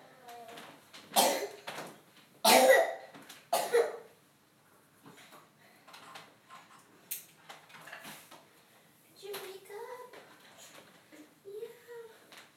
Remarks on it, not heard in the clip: Cough went from what I would call a dry bark to something different overnight he's just woken himself up coughing.